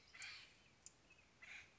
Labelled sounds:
Acorn Woodpecker
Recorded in Sonoma County, California

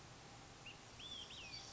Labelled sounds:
Olive-sided Flycatcher
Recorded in Sonoma County, California

